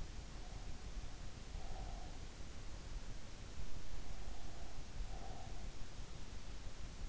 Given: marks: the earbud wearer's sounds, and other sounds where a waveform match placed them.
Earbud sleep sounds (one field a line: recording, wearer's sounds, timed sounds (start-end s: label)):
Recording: sounds in sleep by an in-ear microphone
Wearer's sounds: breath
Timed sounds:
0.28-2.35 s: breath
4.05-5.79 s: breath